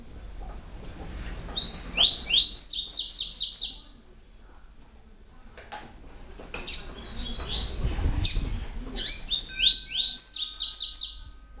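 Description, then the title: Double-collared seedeater song: two bursts of fast, high, downslurred repeated notes separated by scattered clicks and sharp chips, with a low rumble midway. "Canto Coleiro"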